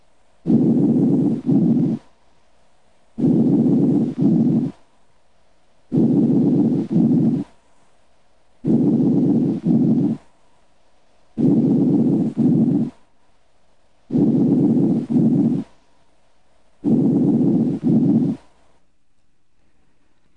Normal breath sounds, apex. If the patient is sitting up during auscultation of the anterior chest wall surface, breath sounds are louder over the apices during early inspiration and become progressively softer as inspiration continues. Normal breath sounds heard over the apex of the lung.